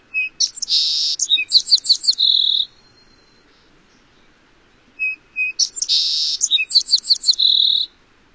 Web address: Songs of Birds of North America Stokes. Song Sparrow